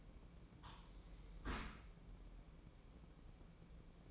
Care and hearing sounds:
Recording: daily activity, microphone in the room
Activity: close dishwasher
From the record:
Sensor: 1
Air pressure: 1012.4 hPa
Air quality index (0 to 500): 166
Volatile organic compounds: 3 ppm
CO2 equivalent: 1360 ppm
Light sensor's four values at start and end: 568/1230/569/623 and 565/1225/566/620

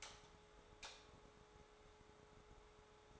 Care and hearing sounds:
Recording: daily activity, microphone in the room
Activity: light off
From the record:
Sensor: 3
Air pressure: 1010.2 hPa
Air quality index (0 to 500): 169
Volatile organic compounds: 10 ppm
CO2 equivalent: 2205 ppm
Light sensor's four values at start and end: 52/130/57/62 and 49/122/54/59

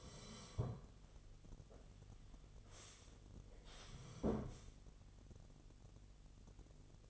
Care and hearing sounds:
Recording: daily activity, microphone in the room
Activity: sit down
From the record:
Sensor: 4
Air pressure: 1016.1 hPa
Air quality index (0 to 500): 189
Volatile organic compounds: 9 ppm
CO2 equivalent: 2160 ppm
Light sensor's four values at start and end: 9/19/8/7 and 9/20/8/7

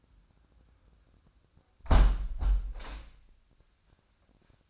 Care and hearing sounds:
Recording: daily activity, microphone in the room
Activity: close window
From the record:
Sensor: 2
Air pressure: 1006.2 hPa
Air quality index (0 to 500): 190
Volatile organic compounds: 11 ppm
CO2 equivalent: 2312 ppm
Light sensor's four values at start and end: 9/21/9/9 and 8/20/8/8

